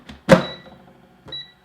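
The plastic drawer of a NewAir Magic Chef Compact Digital Air Fryer is slid back into the fryer housing: a faint tap at 0.1 s, then a loud hit at 0.3 s as the drawer seats home, leaving a brief ringing tone. A lighter knock with a similar short ring follows at 1.3 s.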